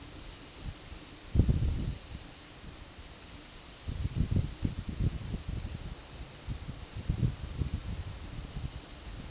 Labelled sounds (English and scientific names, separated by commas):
none